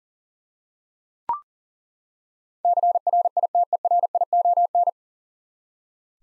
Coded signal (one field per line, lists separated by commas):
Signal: Morse code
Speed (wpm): 40 wpm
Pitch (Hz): 700 Hz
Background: none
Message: CRITERION